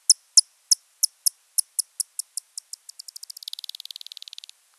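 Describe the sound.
Common pipistrelle echolocation calls, short high clicks that speed up from slow pulses into a rapid dense buzz before stopping abruptly.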